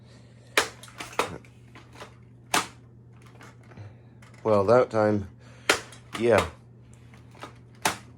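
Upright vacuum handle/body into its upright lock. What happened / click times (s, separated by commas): The handle gave a single click, not fully latched / 7.9 s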